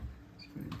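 The downrod ball of a 52-inch low-profile LED ceiling fan is lowered into the ceiling mounting bracket, with low handling rumble before it drops home with a short, sharp click at 0.7 s. The ball is seated in the hanging bracket.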